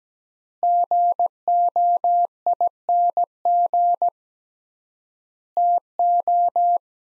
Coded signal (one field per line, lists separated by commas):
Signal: Morse code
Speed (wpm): 17 wpm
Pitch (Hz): 700 Hz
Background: none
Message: GOING TO